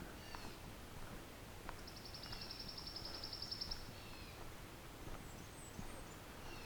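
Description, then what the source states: Blackburnian Warbler song: a thin, very high, rapid series of notes lasting about two seconds, faint over steady background noise. Probably two birds singing in forest in Halton, Ontario; uncommon breeder there and flagged as a rarity; very high-pitched song; hides at the tops of the trees.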